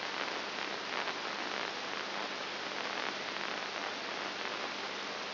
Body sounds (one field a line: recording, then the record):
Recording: brain microelectrode recording played as sound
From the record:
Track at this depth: inside the subthalamic nucleus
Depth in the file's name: 3.101 mm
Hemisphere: right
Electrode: 2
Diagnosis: Parkinson's disease